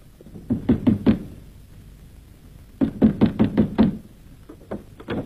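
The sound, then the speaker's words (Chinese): Firm knocking on the wooden door of a collaborator landlord's house in a city: a quick burst of four raps, a pause, then six steady knocks, followed by a few softer taps. No voices. “趁城里敌人正乱作一团，李向阳仍然穿着日军服装和同志们来到躲进城里的汉奸地主杨老宗家门前。”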